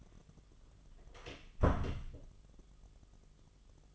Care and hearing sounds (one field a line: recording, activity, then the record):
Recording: daily activity, microphone in the room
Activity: close door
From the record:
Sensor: 4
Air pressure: 1005.7 hPa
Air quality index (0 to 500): 95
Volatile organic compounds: 2 ppm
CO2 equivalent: 1178 ppm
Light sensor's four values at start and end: 13/29/11/11 and 13/31/12/11